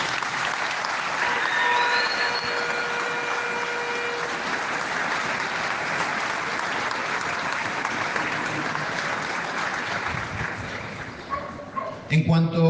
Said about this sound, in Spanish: Fuerte aplauso para Hugo.